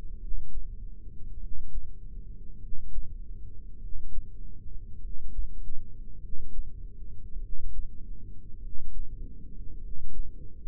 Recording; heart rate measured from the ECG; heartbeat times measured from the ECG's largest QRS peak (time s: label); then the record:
heart sounds by microphone in the left ear; 50 bpm
0.16 s: heartbeat
1.36 s: heartbeat
2.56 s: heartbeat
3.76 s: heartbeat
4.97 s: heartbeat
6.17 s: heartbeat
7.37 s: heartbeat
8.57 s: heartbeat
9.77 s: heartbeat
From the record:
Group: heart failure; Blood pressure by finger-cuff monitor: 87/48 mmHg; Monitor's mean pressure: 61 mmHg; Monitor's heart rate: 50 bpm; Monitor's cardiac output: 4.1 L/min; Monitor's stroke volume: 84 mL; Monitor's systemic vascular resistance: 1020 dyn s/cm5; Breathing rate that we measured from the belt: 18 breaths a minute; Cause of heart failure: dilated cardiomyopathy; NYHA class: 3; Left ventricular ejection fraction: 27%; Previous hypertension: present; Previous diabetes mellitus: present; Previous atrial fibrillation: present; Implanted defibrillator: present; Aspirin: present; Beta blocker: bisoprolol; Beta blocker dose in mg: 1.25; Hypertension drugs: sacubitril-valsartan, spironolactone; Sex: female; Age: 39 years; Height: 170 cm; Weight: 64 kg